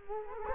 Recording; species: mosquito wingbeat signal from an infrared sensor; Culex quinquefasciatus